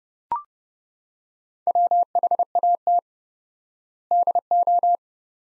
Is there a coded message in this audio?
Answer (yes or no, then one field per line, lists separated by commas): yes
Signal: Morse code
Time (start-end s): 1.7-5.0 s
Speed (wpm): 30 wpm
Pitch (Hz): 700 Hz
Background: none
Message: WHAT DO